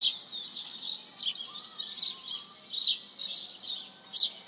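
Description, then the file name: House sparrow giving short, bright chirps at irregular intervals, some louder and sharper than others, over a steady high hiss. "Passer domesticus"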